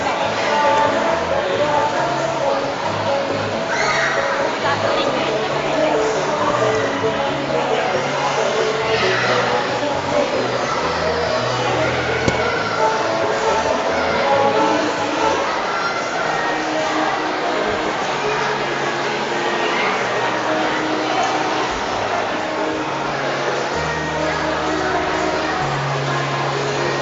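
Busy, steady din of chatter and shouting at a soap-bubble workshop in a shopping centre, with low music-like tones and occasional bright cries.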